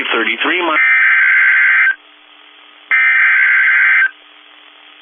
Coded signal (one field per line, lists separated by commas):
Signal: Emergency Alert System (SAME) tones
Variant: header bursts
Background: speech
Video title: EAS Timeline | Kansas Supercells Prompts Tornado Emergency | NOAA Weather Radio